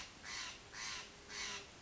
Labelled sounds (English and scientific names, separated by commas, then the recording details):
Steller's Jay (Cyanocitta stelleri)
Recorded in Sonoma County, California